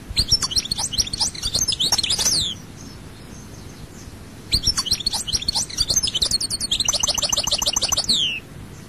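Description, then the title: European goldfinch giving twittering, liquid song phrases of quick high notes and downward slurs; a short phrase, a pause of about two seconds, then a longer phrase with a buzzy trill. "Chant Chardonneret"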